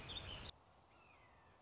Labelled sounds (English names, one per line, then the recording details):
Red-shouldered Hawk
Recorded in Sonoma County, California